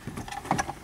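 A wiring plug found behind the dash of a 4th-gen Dodge Ram is slid onto the upper glove box light connector. It snaps in with a sharp click at 0.5 s, and the light comes on, confirming the connector is seated.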